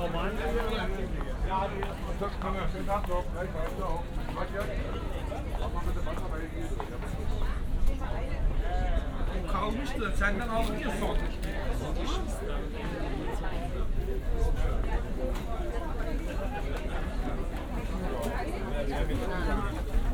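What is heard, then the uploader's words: Many voices overlap at an outdoor market, with conversations standing out against a constant murmur of chatter from the crowd. The level stays steady throughout, with a low rumble underneath and the faint sound of traffic. Wochenmarkt Winterfeldtplatz. Snippets of conversations on a sunny Saturday morning: Market visitors enjoying the company of others, chatting with sellers about their latest offerings or haggling on price.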